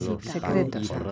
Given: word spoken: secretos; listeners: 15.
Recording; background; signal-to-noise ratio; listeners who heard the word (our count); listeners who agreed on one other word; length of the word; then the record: one Spanish word in noise, from a listening test; four-talker babble; -0.1 dB; 3 of 15; 10 of 15; 0.71 s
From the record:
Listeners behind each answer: 10, 3, 2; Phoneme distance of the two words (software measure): 7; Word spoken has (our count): 3 syllables, 8 phonemes, stress on syllable 2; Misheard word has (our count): 3 syllables, 7 phonemes, stress on syllable 2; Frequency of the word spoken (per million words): 29.64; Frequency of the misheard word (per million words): 62.61